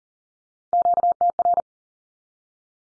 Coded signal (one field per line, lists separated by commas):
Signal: Morse code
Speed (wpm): 40 wpm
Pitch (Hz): 700 Hz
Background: none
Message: QTR